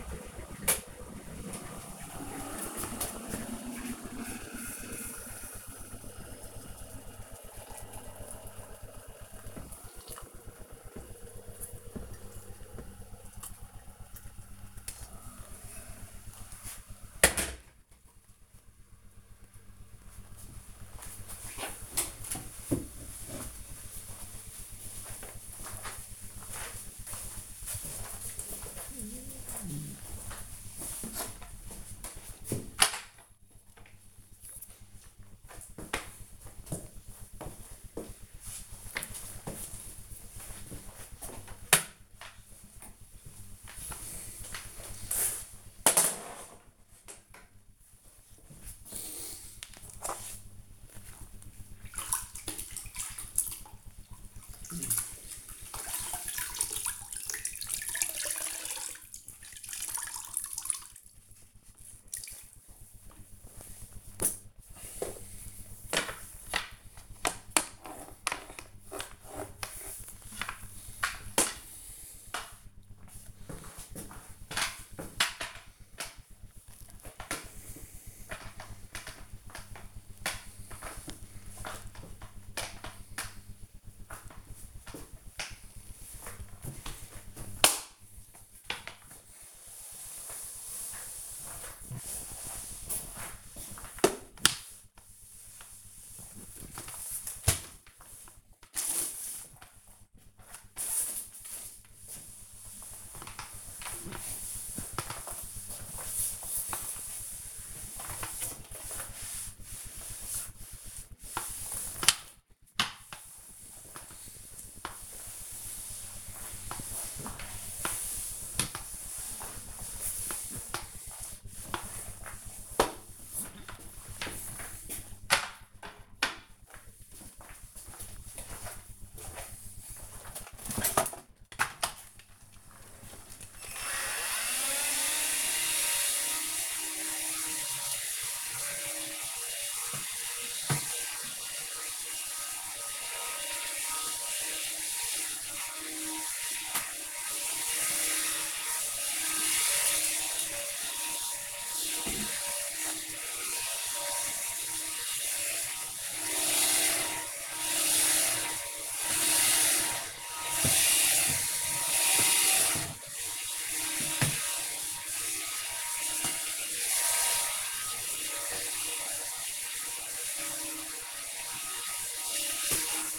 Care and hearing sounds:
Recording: household activities, microphone on the right wrist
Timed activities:
0.00-17.40 s: making tea
31.53-124.30 s: floor cleaning
130.33-173.19 s: vacuum cleaning

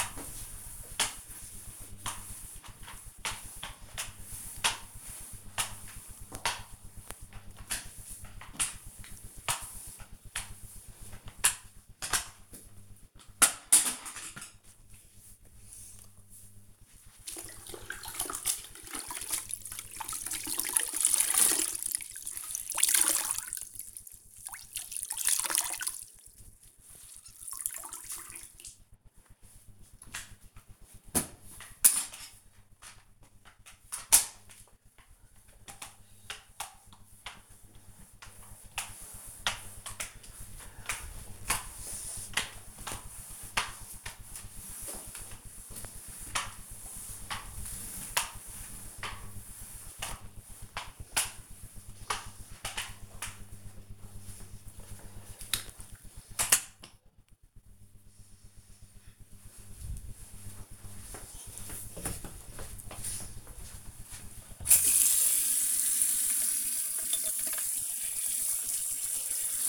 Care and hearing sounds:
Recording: household activities, microphone on the right wrist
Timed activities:
0.00-52.55 s: floor cleaning
67.62-69.69 s: brushing teeth

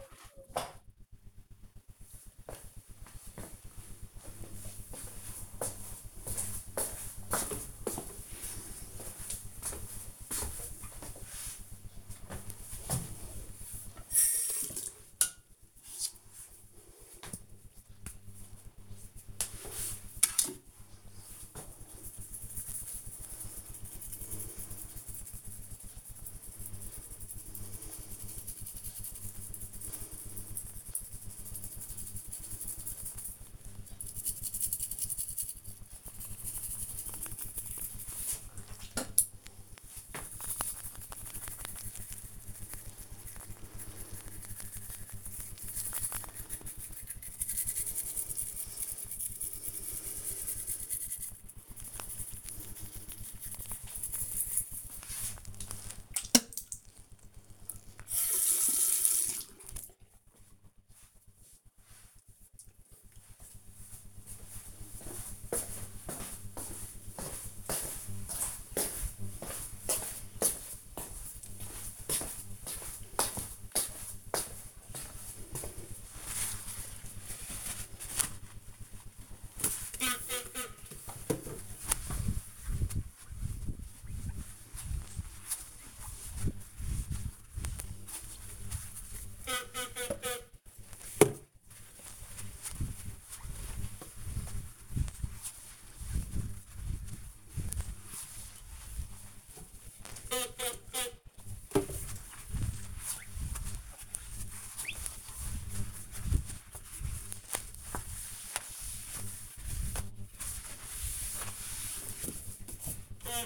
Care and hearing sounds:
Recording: household activities, microphone on the right wrist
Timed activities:
11.44-59.84 s: brushing teeth
79.00-113.46 s: window cleaning

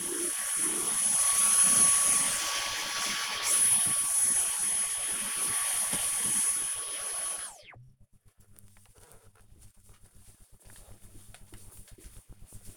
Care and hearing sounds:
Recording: household activities, microphone on the right wrist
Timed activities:
0.00-7.62 s: vacuum cleaning

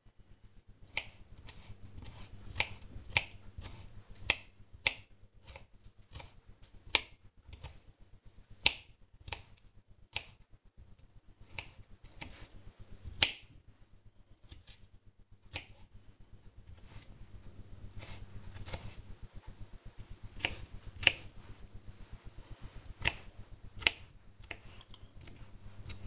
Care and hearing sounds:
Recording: household activities, microphone on the right wrist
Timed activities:
0.00-26.07 s: cutting vegetables

